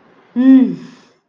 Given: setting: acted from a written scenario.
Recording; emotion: vocal sound without words; pride